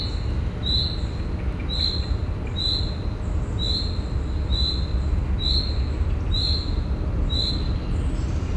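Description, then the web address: Field cricket chirps, high and buzzy, repeating at an even pace of about one per second, eight chirps, against a continuous low traffic drone. At a zoo in Szeged, Hungary, in 2011, in the evening, with distant traffic noise. "allathangok szegedizoo 2011 mezeitucsok tucsok estavoliforgalomzaj"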